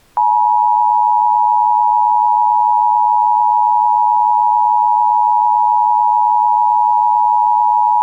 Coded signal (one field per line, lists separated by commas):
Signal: Emergency Alert System (SAME) tones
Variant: 853 and 960 Hz attention tone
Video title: (EAS Scenario) Wintery Wallop